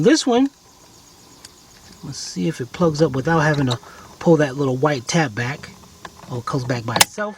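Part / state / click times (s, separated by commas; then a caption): electrical connector into clock spring socket / seated / 1.4 s. An electrical connector is plugged into a clock spring socket on a Volkswagen Jetta/Beetle during an ignition lock cylinder housing replacement, without pulling back its little white locking tab. A short click at 1.4 s marks the connector snapping into place as the tab comes back by itself, and someone talks throughout. The connector is seated.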